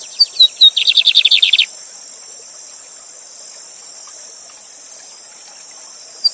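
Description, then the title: Lined seedeater song: a few clear whistled notes, then a fast buzzy trill of repeated notes, over a constant high hiss like rushing water. Teacher bird singing the Gavião negro song style live beside a waterfall. "Novo Canto de Bigodinho. Bigode Gavião negro professor de canto cantando ao vivo com cascata!"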